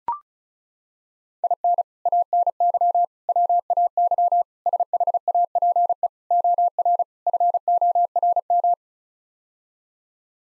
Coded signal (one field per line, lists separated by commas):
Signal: Morse code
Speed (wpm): 34 wpm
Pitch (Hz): 700 Hz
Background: none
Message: IN ANY WAY SHAPE OR FORM